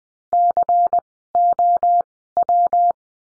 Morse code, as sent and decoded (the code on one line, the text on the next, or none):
-.-. --- .--
COW